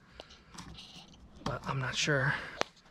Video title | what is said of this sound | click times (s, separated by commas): How to replace Chrysler PT Cruiser PCM - TCM - Car Computer Replacement - Super Easy | that's a click | 2.6 s